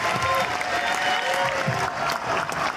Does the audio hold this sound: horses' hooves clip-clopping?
no